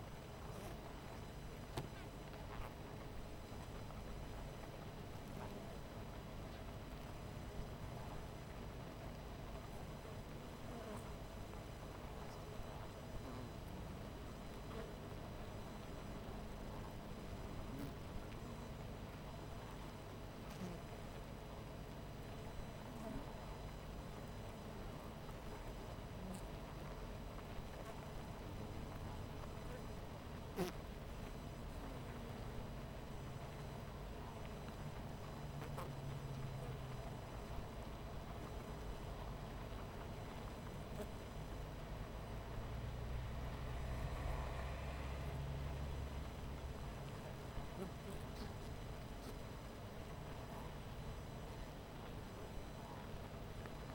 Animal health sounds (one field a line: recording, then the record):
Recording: honeybee colony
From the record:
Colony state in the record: missing queen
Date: 14 July 2017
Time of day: 12:10